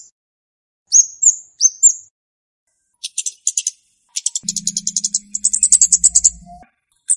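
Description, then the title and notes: Flowerpecker chirping: three high upslurred notes, then clusters of sharp ticks building into a long, fast ticking rattle over a brief low hum. Chirping played as a lure for attracting and catching birds. "Kicau Untuk Pancing Burung Kemade ( Cabe Cabean). Suara Burung Cabe Cabean Pikat"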